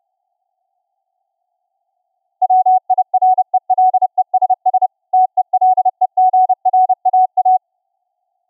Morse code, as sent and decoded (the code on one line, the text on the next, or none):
.-- .. .-. . .-.. . ... ... / - . .-.. . --. .-. .- .-
WIRELESS TELEGRAA